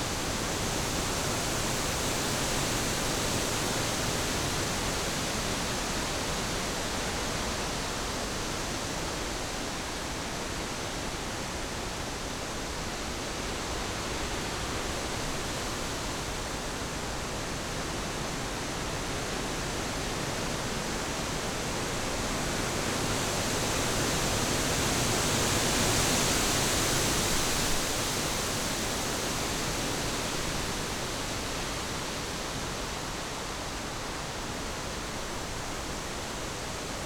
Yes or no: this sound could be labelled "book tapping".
no